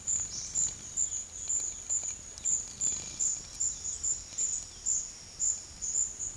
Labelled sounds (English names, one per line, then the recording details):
Olive-faced Flatbill
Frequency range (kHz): Olive-faced Flatbill 3.9-7.2 kHz
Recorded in pastures near Puerto Asís, Putumayo, Colombia, on 25 June 2025 at 12:30
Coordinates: 0.502, -76.324
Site G010